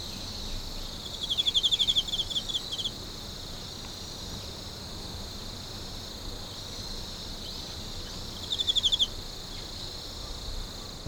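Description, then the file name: Insect song: two short bursts of high, rapidly pulsed trilling over a constant high-pitched chorus hum and low background rumble. "singing of insect"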